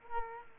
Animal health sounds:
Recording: mosquito wingbeat signal from an infrared sensor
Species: Culex quinquefasciatus

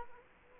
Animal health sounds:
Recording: mosquito wingbeat signal from an infrared sensor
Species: Culex quinquefasciatus

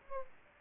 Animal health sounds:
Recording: mosquito wingbeat signal from an infrared sensor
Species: Aedes aegypti

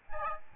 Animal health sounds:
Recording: mosquito wingbeat signal from an infrared sensor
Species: Aedes albopictus

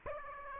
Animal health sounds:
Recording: mosquito wingbeat signal from an infrared sensor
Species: Aedes aegypti

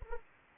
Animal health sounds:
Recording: mosquito wingbeat signal from an infrared sensor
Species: Anopheles arabiensis

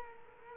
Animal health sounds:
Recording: mosquito wingbeat signal from an infrared sensor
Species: Culex quinquefasciatus

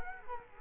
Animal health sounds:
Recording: mosquito wingbeat signal from an infrared sensor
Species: Culex quinquefasciatus

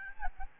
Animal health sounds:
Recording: mosquito wingbeat signal from an infrared sensor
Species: Aedes albopictus

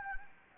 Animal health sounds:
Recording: mosquito wingbeat signal from an infrared sensor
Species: Anopheles gambiae

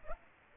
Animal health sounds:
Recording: mosquito wingbeat signal from an infrared sensor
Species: Aedes aegypti

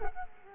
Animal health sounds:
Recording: mosquito wingbeat signal from an infrared sensor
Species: Culex quinquefasciatus

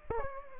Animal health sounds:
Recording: mosquito wingbeat signal from an infrared sensor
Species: Anopheles gambiae

